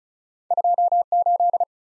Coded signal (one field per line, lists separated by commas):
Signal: Morse code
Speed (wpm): 36 wpm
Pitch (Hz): 700 Hz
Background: none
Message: 28